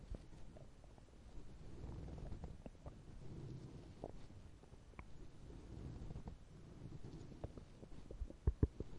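Low, soft gurgling rumbles come in slow waves over about nine seconds, with scattered small clicks and a few sharper pops near the end. These are bowel sounds, the ordinary growling of an empty stomach, as a sound effect.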